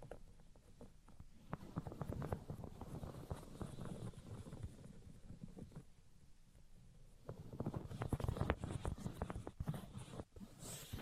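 Tapping, scratching and tracing sounds run throughout, a dense patter of quick, irregular taps layered over soft rubbing. The activity eases around six to seven seconds, then returns busier and brighter, with sharper scratchy strokes and a brief dropout near ten seconds.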